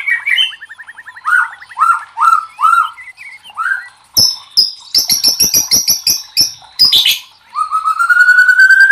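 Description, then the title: White-rumped shama singing repeated short rising notes, then a dense run of high chips and clicks, finishing with a long steadily rising trill. Masteran (training recording for cage birds). "MURAI BATU LABAIK"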